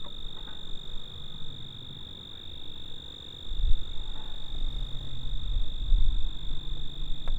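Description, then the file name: Cricket giving a continuous high ringing trill without pause, above low rumbling noise that grows louder halfway through. "Grillo (Cricket)"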